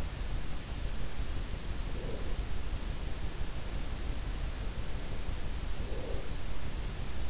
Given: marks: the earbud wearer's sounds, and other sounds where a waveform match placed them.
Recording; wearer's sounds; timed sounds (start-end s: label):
sounds in sleep by an in-ear microphone; breath
1.57-2.92 s: breath
5.65-6.57 s: breath